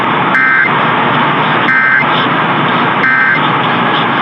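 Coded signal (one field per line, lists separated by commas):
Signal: Emergency Alert System (SAME) tones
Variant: end-of-message bursts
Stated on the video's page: Tennessee required monthly test carried on an AM broadcast station.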